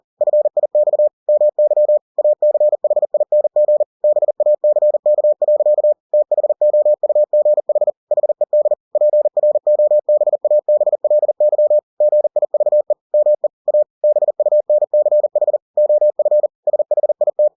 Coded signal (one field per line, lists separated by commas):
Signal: Morse code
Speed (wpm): 40 wpm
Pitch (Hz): 600 Hz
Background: none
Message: FIX MY ACHING BACK. THOUGH HED PROBABLY GIVE ME A BUNCH OF SHIT